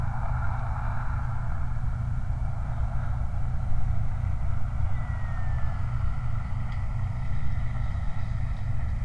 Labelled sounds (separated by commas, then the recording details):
loon, truck
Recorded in the Prudhoe Bay oil fields, Alaska, on 29 July 2019
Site 29